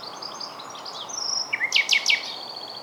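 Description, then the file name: Common nightingale song: soft high whistles, then a short burst of three loud, sharp downward notes over a steady hiss. "Luscinia megarhynchos"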